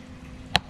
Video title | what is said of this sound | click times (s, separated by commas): Winter Fun ?? at a low price | and then they click in place. | 0.6 s